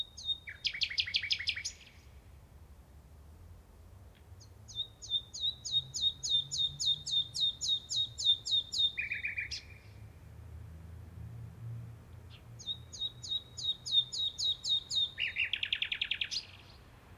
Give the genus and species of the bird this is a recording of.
Luscinia megarhynchos